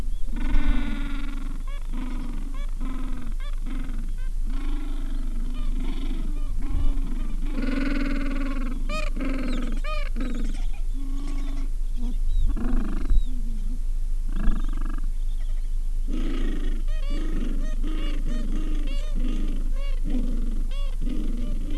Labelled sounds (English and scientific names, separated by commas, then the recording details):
Gentoo Penguin (Pygoscelis papua)
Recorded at the colony at Ocean Harbour, on 7 January 2016
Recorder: Song Meter SM2+